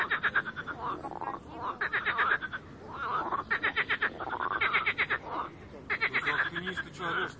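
Dense frog chorus, quick stuttering pulse trains and upward-sliding croaks almost without pause.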